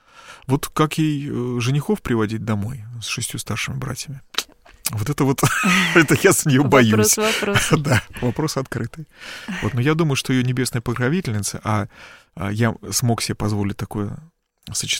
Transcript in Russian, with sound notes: Вот как ей женихов приводить домой с шестью старшими братьями? Вот тут я за нее боюсь.
— (Смеется.) Вопрос вопросов…
— Вопрос открытый.
— Но я думаю, что ее небесная покровительница — а я смог себе позволить такое сочетание: